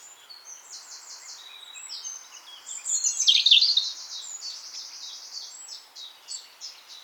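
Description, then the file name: European robin giving a long run of high, thin, tinkling notes and short trills, swelling to a louder jumbled passage midway before fading to scattered notes. "Erithacus rubecula"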